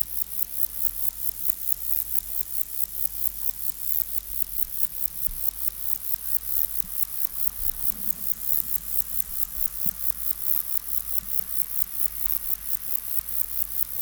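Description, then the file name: Caprai's bush-cricket song, a steady series of very high, hissing pulses repeated without a break, over a faint low hum. "Metrioptera caprai"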